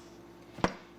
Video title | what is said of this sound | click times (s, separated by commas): Bread Machine Banana Bread...Family Favorite Banana Bread Recipe | pan it snaps in place now you plug in oster bread machine | 0.6 s